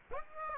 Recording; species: mosquito wingbeat signal from an infrared sensor; Aedes aegypti